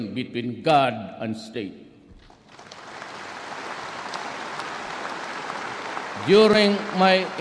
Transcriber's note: applause